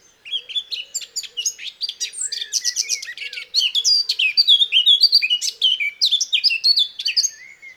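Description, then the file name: Eurasian blackcap song: a long, busy warble mixing clicks, chirps and fluty rising and falling phrases, with a faint low hum underneath. "Sylvia atricapilla"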